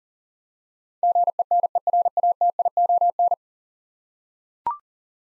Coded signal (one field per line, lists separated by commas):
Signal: Morse code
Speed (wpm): 40 wpm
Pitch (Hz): 700 Hz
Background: none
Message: GENERATION